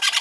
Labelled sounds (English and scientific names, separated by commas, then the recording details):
Brown-throated Parakeet (Eupsittula pertinax) contact call
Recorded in Venezuela
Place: Guárico; Corozopando; Fundo La Fe
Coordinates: 8.506, -67.593